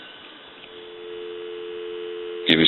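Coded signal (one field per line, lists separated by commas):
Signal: telephone call progress tone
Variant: North America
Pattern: dial tone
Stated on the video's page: Heard on a Northern Electric three-slot payphone during initial checkout and repair for conversion.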